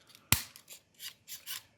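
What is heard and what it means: During a battery replacement on an Anki Cozmo toy robot, the plastic arm is lined up with the notch and lock on the robot's lift arm and pushed down until it snaps into place with a sharp click at 0.3 s. A few faint taps come before it, and brief rubbing, scraping sounds follow as the arm sits seated and confirmed in.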